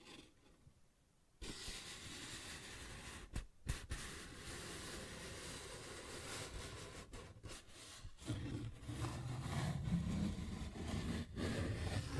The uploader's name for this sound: Paper Bag Tapping and Scratching Sounds